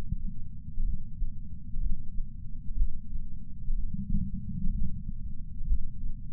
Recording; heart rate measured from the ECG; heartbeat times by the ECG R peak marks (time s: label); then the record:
heart sounds by patch sensor on the chest; 62 bpm
0.83 s: heartbeat
1.80 s: heartbeat
2.75 s: heartbeat
3.74 s: heartbeat
4.70 s: heartbeat
5.65 s: heartbeat
From the record:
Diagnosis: coronary artery disease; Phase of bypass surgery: postoperative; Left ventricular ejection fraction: 68.2%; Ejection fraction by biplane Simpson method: 62.7%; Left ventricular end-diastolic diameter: 48 mm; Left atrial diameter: 40 mm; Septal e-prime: 8.6 cm/s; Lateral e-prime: 10.2 cm/s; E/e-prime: 10.9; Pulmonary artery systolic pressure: 38 mmHg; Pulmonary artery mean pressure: 18 mmHg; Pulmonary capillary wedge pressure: 11 mmHg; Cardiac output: 6.45 L/min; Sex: male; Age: 57 years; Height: 175 cm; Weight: 80 kg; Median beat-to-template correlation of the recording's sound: 0.76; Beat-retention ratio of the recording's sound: 0.99